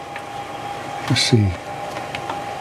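A DDR memory stick is handled at its motherboard DIMM slot, not yet pressed home, as someone talks briefly over a steady background hum. Nothing has seated or clicked yet; the plastic retention latches have not snapped shut.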